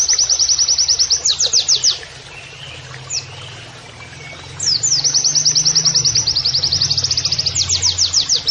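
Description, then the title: White-eye song: high, rapid trills with sharp downslurred notes, a brief lull midway, then another long, fast rolling phrase. Pleci masteran training audio, song style shooting canary-like phrases. "Pleci Gacor. MASTERAN PLECI NEMBAK KENARIAN"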